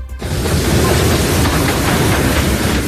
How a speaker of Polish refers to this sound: Na szczecińskim dworcu przy ulicy Kolumba retroatrakcja, zabytkowy pociąg z niemieckim parowozem. Lokomotywa na jednym z peronów stacji Szczecin Główny właśnie wyrusza do Berlina.